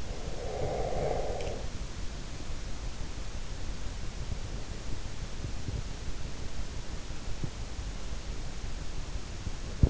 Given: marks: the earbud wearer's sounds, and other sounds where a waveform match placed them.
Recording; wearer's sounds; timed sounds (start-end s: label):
sounds in sleep by an in-ear microphone; breath
0.00-1.79 s: breath